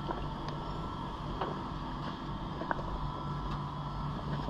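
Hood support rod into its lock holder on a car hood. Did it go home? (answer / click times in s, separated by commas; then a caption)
yes / 2.7 s. A hood support rod on a 2009 Mercedes W211 is pushed into its lock holder on the car hood for safety after the hood is opened, and it clicks into place at 2.7 s. Several softer ticks come earlier over a steady low rumble and broadband wind-like noise. The support is seated and locked.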